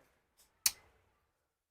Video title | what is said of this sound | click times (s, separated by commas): 🇮🇳 🇮🇳 2025 Maruti Suzuki Brezza Modification - 2025 Brezza Customization - Maruti brezza face lift | यहां पर इसके टक देने से एक आवाज आएगी जिससे यह लॉक हो जाएगा। | 0.7 s